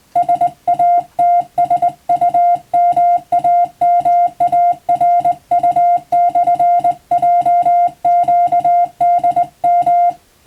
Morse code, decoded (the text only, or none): SATSUMAMARU/JQDM